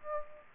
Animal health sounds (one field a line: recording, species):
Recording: mosquito wingbeat signal from an infrared sensor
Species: Aedes aegypti